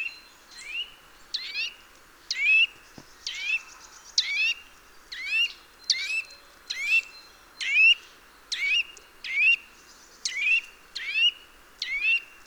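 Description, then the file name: Eurasian nuthatch calling, sharp rising notes with a bright upswept tail, repeated about once a second in a steady series throughout. "Sitta europaea"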